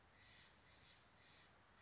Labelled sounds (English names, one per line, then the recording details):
Steller's Jay
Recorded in Sonoma County, California